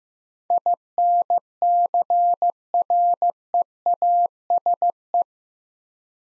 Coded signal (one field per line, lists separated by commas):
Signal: Morse code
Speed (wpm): 15 wpm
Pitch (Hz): 700 Hz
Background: none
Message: INCREASE